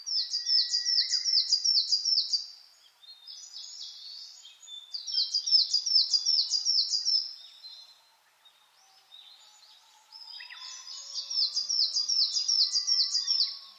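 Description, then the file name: Coal tit giving three high, rhythmic phrases of rapidly repeated see-saw notes, with softer chirps between the bursts. Recorded 10 June 2009 at 06:39. "higara-20090610-0639"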